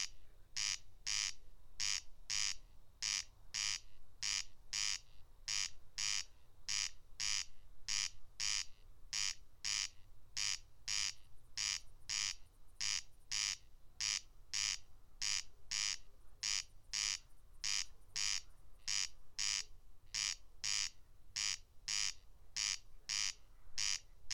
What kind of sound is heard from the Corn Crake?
song